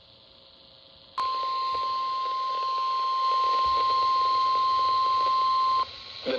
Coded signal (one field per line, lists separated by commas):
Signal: Emergency Alert System (SAME) tones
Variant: 1050 Hz attention tone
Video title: EAS Alerts From 6/18/26: A Compilation (EAS 1220-1231)